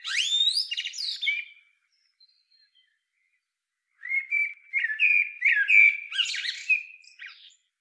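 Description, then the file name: Eurasian blackbird song: the end of a phrase in squeaky twitters, a pause, then a longer run of mellow whistled notes rising into high scratchy flourishes. "Turdus merula"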